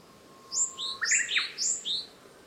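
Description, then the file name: Japanese tit calling: a short phrase of high, thin notes, then lower, harsher notes, then more high notes, lasting about one and a half seconds. "shijukara"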